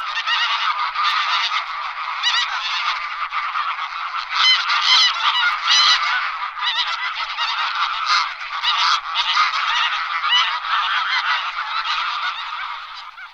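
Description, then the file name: Greylag goose honking, a dense continuous chorus of nasal honks from several birds overlapping throughout. "husa-velká"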